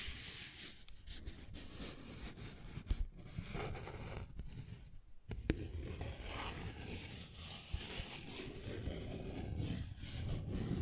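A paper bag is scratched and rubbed continuously, giving a dense, rough crackling that runs through the whole stretch with little letup. Brief pauses near 1, 3 and 5 seconds break the texture, and sharp taps stand out around 3, 5.5 and 10 seconds.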